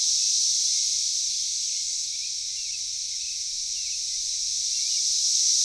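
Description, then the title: Cicadas drone in a loud high hiss throughout, with faint scattered chirps dotted across the middle. Cicadas calling in a backyard in Knoxville, Tennessee, USA. "3619 Alpine Dr SE, Knoxville, TN 37920, USA - Backyard Cicadas"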